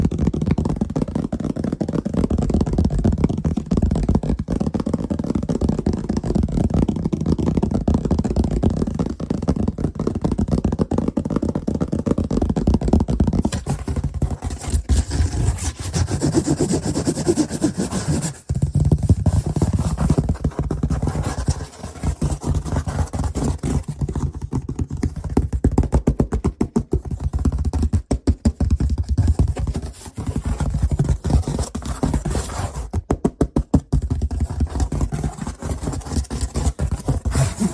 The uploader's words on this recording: ASMR Fast And Aggressive Lofi Sounds (Tapping, Scratching,.) No Talking.